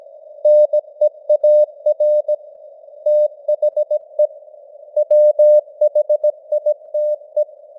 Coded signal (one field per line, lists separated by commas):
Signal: Morse code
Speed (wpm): 17 wpm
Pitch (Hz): 600 Hz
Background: none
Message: NEAR THE WHITE